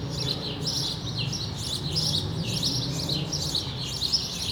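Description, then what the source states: Sparrows chirping busily, many overlapping harsh chirps running on continuously, with a low steady rumble underneath. Sparrows recorded on Rue de l'épargne, Brussels, Belgium, on World Sparrow Day; Lom mikroUši AB microphones into a Deity PR-2 recorder.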